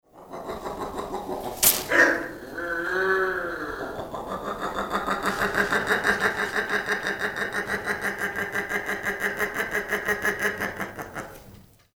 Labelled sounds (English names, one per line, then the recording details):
Palm-nut Vulture
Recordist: Tembrock, Günter
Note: verschiedene Lautformen eines Weibchens